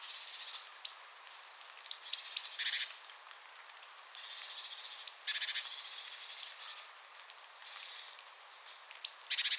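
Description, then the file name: Great tit calling: high piercing notes, often in quick pairs, alternating with dry buzzy churrs repeated every second or two. "Parus major"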